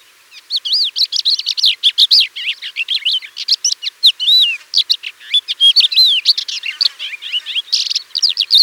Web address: thekla lark song